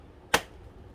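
A plastic bottom cover is pressed back onto a Lenovo Legion 5 laptop after a RAM upgrade, and its clips snap into the chassis. One sharp, bright click is heard at 0.3 s against a quiet background. The cover is seated.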